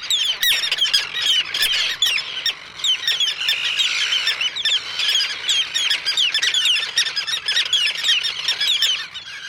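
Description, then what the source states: Terns giving angry cries: many harsh, squealing calls overlap in a dense chorus. A sharp click comes near the start, and a faint low hum runs throughout. Common and endangered roseate tern nesting colony on Faulkner Island off Guilford, Connecticut, in Long Island Sound, during the annual nest count; angry cries send a keep-out message.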